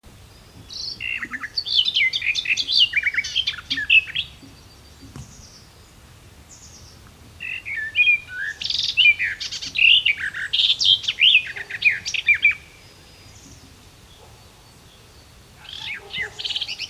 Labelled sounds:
Garden Warbler song

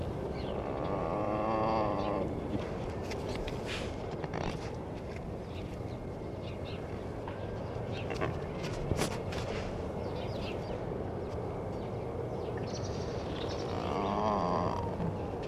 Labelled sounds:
Mule Deer call

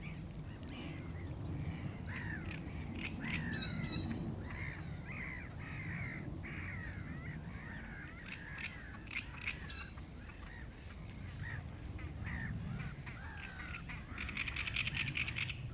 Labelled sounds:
Great Reed Warbler

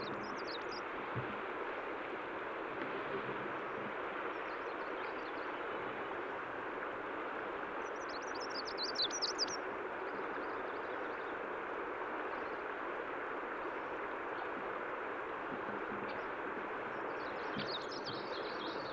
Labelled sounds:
Black Woodpecker call

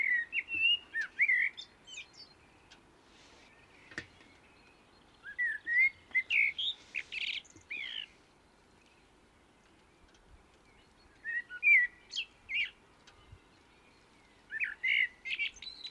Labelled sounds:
Common Blackbird song

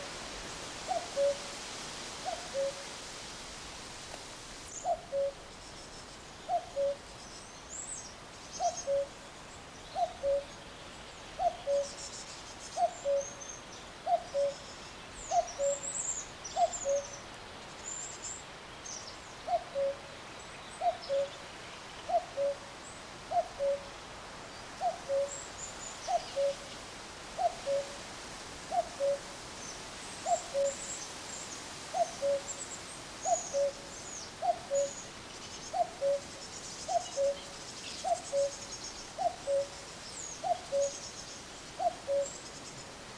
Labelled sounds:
Common Cuckoo call

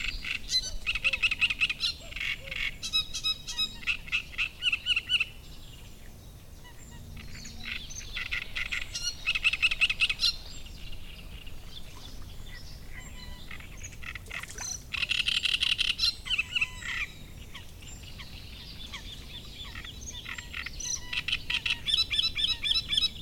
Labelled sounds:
Great Reed Warbler

